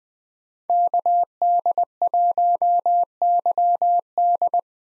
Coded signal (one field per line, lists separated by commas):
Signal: Morse code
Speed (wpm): 20 wpm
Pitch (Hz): 700 Hz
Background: none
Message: KD1YD